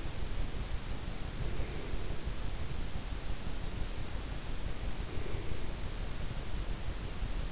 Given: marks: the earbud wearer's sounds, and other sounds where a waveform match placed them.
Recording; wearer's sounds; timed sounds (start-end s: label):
sounds in sleep by an in-ear microphone; breath
1.26-2.31 s: breath
5.04-5.85 s: breath